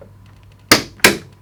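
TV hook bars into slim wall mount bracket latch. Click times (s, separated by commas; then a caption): 0.7 s, 1.0 s. A Samsung R85H Micro RGB TV, hung on a Samsung SlimFit 2026 slim wall mount bracket with its hook bars pulled down into the grooves, is pushed back flat against the wall. Two sharp, loud broadband clicks ring out at 0.7 s and 1.0 s over a quiet low hum. The bracket latch clicks home and the TV is seated.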